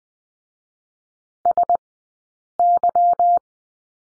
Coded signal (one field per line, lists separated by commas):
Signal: Morse code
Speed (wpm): 20 wpm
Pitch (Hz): 700 Hz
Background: none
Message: SY